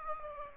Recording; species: mosquito wingbeat signal from an infrared sensor; Aedes aegypti